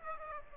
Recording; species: mosquito wingbeat signal from an infrared sensor; Aedes aegypti